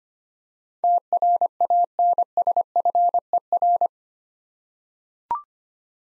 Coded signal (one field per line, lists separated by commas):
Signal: Morse code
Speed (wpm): 25 wpm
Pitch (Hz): 700 Hz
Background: none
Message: TRANSFER